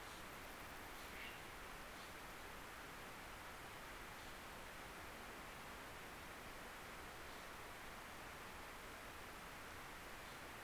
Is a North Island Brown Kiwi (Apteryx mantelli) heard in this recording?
no